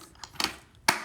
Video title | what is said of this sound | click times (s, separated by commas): HIZERO F801 in action, assembly, use and cleaning. Shot for instagram live Sep 16. | When you hear a click, it's in place. | 0.9 s